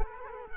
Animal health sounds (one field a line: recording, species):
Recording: mosquito wingbeat signal from an infrared sensor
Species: Culex quinquefasciatus